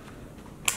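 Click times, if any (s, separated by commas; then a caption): 0.7 s. A square glass graduated filter is pushed into a slot of a Benro FH100M2 filter holder. Faint handling noise leads up to a single sharp, bright click at 0.7 s as the filter seats in the slot.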